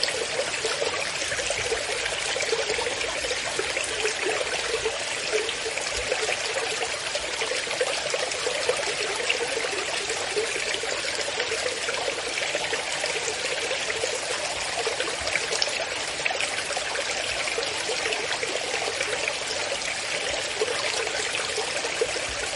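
A riverside stream flows in a steady, dense rush of bright splashing and trickling that holds unchanged for the whole stretch, without pauses.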